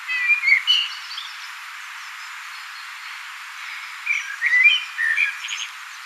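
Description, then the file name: Common blackbird singing a mellow whistled phrase with a scratchy tail, a few seconds of quiet hiss, then another fluty warbled phrase. "Turdus merula"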